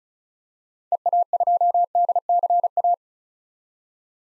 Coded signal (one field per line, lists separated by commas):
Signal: Morse code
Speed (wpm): 36 wpm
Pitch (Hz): 700 Hz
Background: none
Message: EA2DCA